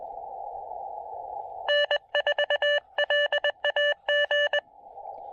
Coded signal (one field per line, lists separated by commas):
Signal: Morse code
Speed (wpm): 21 wpm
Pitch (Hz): 590 Hz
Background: none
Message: N4LAG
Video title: Foggy SOTA: Pairing the Elecraft KX2 and MPAS Lite for brilliant QRP fun on Craggy Dome!